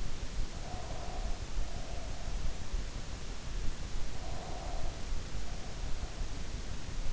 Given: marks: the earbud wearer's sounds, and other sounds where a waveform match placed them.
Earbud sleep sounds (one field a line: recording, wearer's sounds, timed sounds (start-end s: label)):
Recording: sounds in sleep by an in-ear microphone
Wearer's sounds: breath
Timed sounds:
0.36-2.38 s: breath
3.95-5.29 s: breath